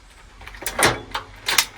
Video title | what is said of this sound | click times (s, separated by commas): COFFRE FORT BIOMETRIQUE VEVOR SS-60 REVIEW | Voilà. On est bien verrouillé. | 1.5 s, 1.6 s